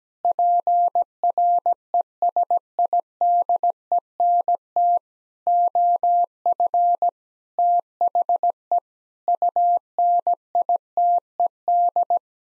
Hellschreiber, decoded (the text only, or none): none